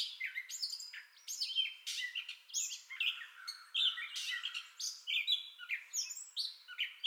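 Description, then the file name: Gray catbird song, a continuous medley of mewing, squeaky and harsh notes with slurred whistled phrases. Entire song bout, 30 May 2021. "2021-05-30 Gray Catbird Entire Song Bout"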